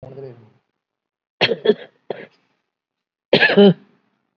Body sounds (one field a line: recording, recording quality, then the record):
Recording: shallow voluntary cough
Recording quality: excellent, no background noise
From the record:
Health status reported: COVID-19 positive, moderate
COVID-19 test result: positive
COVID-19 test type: RT-PCR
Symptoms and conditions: breathing difficulty, fatigue, muscle pain, hypertension, diabetes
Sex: female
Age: 86 years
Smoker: no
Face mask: worn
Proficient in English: no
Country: India